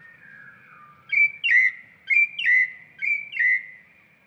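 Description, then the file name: Bird singing clear whistled phrases, each a short high note followed by a longer, slightly falling whistle, repeated three times after a soft opening note. "chant"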